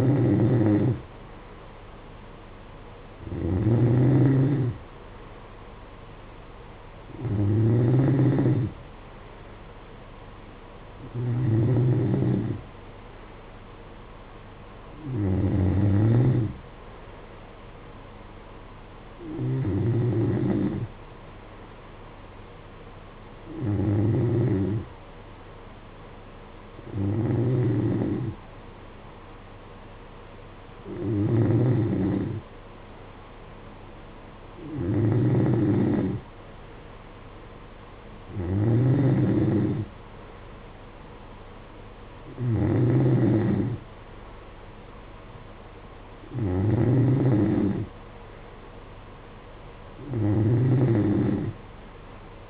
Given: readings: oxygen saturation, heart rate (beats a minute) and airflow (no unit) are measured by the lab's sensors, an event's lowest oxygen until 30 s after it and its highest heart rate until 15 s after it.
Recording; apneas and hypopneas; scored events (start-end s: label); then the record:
breathing in sleep by a voice recorder at the bedside; none
none scored
From the record:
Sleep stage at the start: N3 (deep sleep); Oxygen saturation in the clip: 92 to 93%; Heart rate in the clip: 55 to 60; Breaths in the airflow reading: 14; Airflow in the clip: -8.8 to 7.6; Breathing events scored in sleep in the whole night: 476 in 9.7 hours asleep